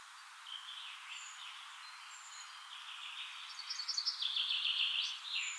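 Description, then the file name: Common chaffinch song: a faint descending trill of high notes builds to a louder, fast-rattling phrase ending in a short flourish, over steady background hiss. "Fringilla coelebs"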